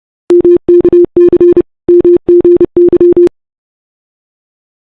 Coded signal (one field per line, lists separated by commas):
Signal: Morse code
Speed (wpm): 29 wpm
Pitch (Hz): 340 Hz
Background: none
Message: MKC MGY